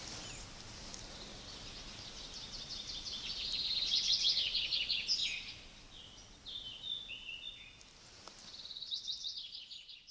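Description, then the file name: Common chaffinch song: a long trilled phrase that drops in pitch, followed by quieter, broken phrases, over steady background hiss. "Fringilla coelebs"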